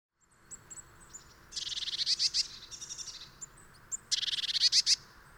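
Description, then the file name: Eurasian blue tit uttering high thin notes followed by two rapid buzzy, scolding churrs, each a quick string of pulses. "Cyanistes caeruleus"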